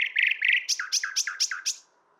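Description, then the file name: Common nightingale song phrase: two rapid rattling trills followed by five sharp descending notes repeated quickly, ending abruptly. "Luscinia megarhynchos"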